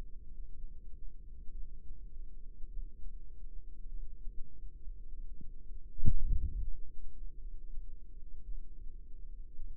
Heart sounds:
heart sounds by microphone in the left ear; 52 bpm
0.34 s: heartbeat
1.52 s: heartbeat
2.68 s: heartbeat
3.88 s: heartbeat
5.09 s: heartbeat
6.28 s: heartbeat
7.39 s: heartbeat
8.43 s: heartbeat
9.56 s: heartbeat
From the record:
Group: healthy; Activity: rest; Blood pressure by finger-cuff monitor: 108/64 mmHg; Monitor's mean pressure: 79 mmHg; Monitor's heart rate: 51 bpm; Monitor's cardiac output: 5 L/min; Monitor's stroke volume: 97 mL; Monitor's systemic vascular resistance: 1120 dyn s/cm5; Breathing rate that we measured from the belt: 23 breaths a minute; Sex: female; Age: 28 years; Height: 170 cm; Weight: 77 kg

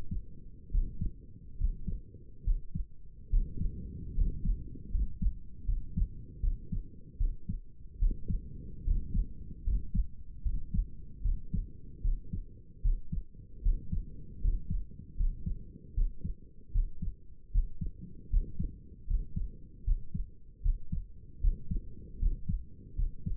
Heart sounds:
heart sounds by stethoscope; 76 bpm
0.71 s: heartbeat
1.57 s: heartbeat
2.43 s: heartbeat
3.29 s: heartbeat
4.14 s: heartbeat
4.90 s: heartbeat
5.65 s: heartbeat
6.40 s: heartbeat
7.17 s: heartbeat
7.98 s: heartbeat
8.84 s: heartbeat
9.64 s: heartbeat
10.42 s: heartbeat
11.22 s: heartbeat
12.01 s: heartbeat
12.81 s: heartbeat
13.62 s: heartbeat
14.40 s: heartbeat
15.16 s: heartbeat
15.94 s: heartbeat
16.71 s: heartbeat
17.51 s: heartbeat
18.29 s: heartbeat
19.06 s: heartbeat
19.84 s: heartbeat
20.61 s: heartbeat
21.40 s: heartbeat
22.18 s: heartbeat
22.95 s: heartbeat
From the record:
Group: healthy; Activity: rest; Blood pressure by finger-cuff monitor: 112/75 mmHg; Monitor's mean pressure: 82 mmHg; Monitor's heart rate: 75 bpm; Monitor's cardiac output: 6.1 L/min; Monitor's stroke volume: 81 mL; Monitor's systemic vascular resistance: 1000 dyn s/cm5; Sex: male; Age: 35 years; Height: 180 cm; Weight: 86.9 kg

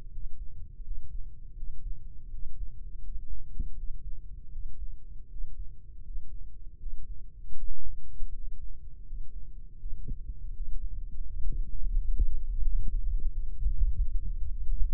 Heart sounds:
heart sounds by microphone in the left ear; 83 bpm
0.09 s: heartbeat
0.82 s: heartbeat
1.54 s: heartbeat
2.28 s: heartbeat
3.00 s: heartbeat
3.74 s: heartbeat
4.49 s: heartbeat
5.27 s: heartbeat
6.01 s: heartbeat
6.77 s: heartbeat
7.54 s: heartbeat
8.30 s: heartbeat
9.03 s: heartbeat
9.76 s: heartbeat
10.51 s: heartbeat
11.22 s: heartbeat
11.91 s: heartbeat
12.59 s: heartbeat
13.28 s: heartbeat
13.93 s: heartbeat
14.59 s: heartbeat
From the record:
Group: healthy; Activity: rest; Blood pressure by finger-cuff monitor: 86/63 mmHg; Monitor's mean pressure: 68 mmHg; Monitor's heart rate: 81 bpm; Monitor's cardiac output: 4.9 L/min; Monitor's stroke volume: 62 mL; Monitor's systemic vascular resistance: 990 dyn s/cm5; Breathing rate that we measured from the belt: 21 breaths a minute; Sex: male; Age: 22 years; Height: 181 cm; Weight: 60 kg

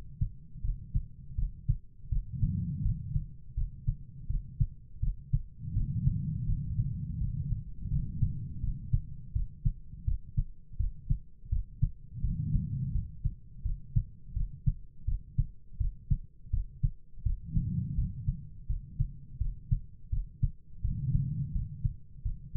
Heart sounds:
heart sounds by stethoscope; 83 bpm
0.61 s: heartbeat
1.35 s: heartbeat
2.09 s: heartbeat
2.82 s: heartbeat
3.54 s: heartbeat
4.27 s: heartbeat
5.00 s: heartbeat
5.73 s: heartbeat
6.45 s: heartbeat
7.17 s: heartbeat
7.88 s: heartbeat
8.60 s: heartbeat
9.32 s: heartbeat
10.04 s: heartbeat
10.76 s: heartbeat
11.49 s: heartbeat
12.21 s: heartbeat
12.91 s: heartbeat
13.62 s: heartbeat
14.33 s: heartbeat
15.04 s: heartbeat
15.77 s: heartbeat
16.50 s: heartbeat
17.22 s: heartbeat
17.94 s: heartbeat
18.66 s: heartbeat
19.38 s: heartbeat
20.09 s: heartbeat
20.81 s: heartbeat
21.51 s: heartbeat
22.22 s: heartbeat
From the record:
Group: healthy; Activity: rest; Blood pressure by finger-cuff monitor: 89/54 mmHg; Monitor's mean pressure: 68 mmHg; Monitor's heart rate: 83 bpm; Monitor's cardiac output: 6.4 L/min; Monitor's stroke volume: 77 mL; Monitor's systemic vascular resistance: 760 dyn s/cm5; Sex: female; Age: 43 years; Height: 160 cm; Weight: 90 kg

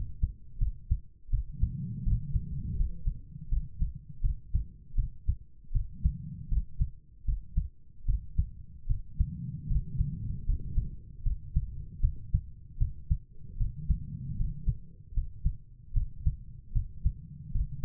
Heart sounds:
heart sounds by stethoscope; 78 bpm
0.58 s: heartbeat
1.29 s: heartbeat
2.03 s: heartbeat
2.76 s: heartbeat
3.48 s: heartbeat
4.21 s: heartbeat
4.95 s: heartbeat
5.72 s: heartbeat
6.48 s: heartbeat
7.24 s: heartbeat
8.05 s: heartbeat
8.86 s: heartbeat
9.67 s: heartbeat
10.45 s: heartbeat
11.22 s: heartbeat
12.00 s: heartbeat
12.77 s: heartbeat
13.57 s: heartbeat
14.36 s: heartbeat
15.13 s: heartbeat
15.93 s: heartbeat
16.72 s: heartbeat
17.51 s: heartbeat
From the record:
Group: healthy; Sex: female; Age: 32 years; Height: 172 cm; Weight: 71.7 kg

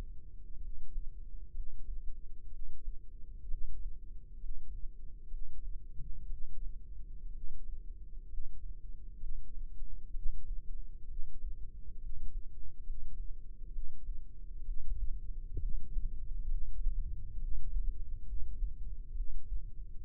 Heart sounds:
heart sounds by microphone in the left ear; 65 bpm
0.58 s: heartbeat
1.50 s: heartbeat
2.47 s: heartbeat
3.45 s: heartbeat
4.36 s: heartbeat
5.27 s: heartbeat
6.26 s: heartbeat
7.29 s: heartbeat
8.25 s: heartbeat
9.17 s: heartbeat
10.10 s: heartbeat
11.04 s: heartbeat
11.97 s: heartbeat
12.82 s: heartbeat
13.69 s: heartbeat
14.61 s: heartbeat
15.56 s: heartbeat
16.46 s: heartbeat
17.35 s: heartbeat
18.22 s: heartbeat
19.11 s: heartbeat
From the record:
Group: healthy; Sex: female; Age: 22 years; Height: 171 cm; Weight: 65.6 kg

